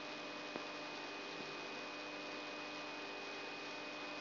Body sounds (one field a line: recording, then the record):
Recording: brain microelectrode recording played as sound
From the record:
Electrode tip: outside the subthalamic nucleus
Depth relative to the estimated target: -8 mm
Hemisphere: right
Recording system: AlphaMap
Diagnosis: Parkinson's disease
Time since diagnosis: 11 years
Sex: female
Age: 62 years